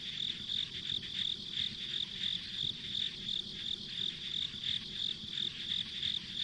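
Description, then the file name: High-pitched insect chirping in even pulses, steady and continuous, over a faint low-frequency rumble. Ambient insect sounds recorded on a country road. "田舎道の虫の環境音"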